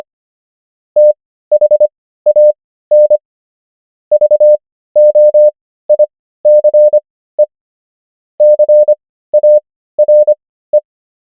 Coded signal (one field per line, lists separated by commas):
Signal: Morse code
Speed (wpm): 25 wpm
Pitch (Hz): 600 Hz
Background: none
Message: THAN VOICE CARE